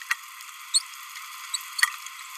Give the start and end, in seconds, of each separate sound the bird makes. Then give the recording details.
0.74-0.82, 1.54-1.56. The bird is a male. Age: 29 days. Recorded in a nest box in Venezuela. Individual 17B31A1